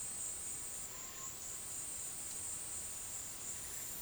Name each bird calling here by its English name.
none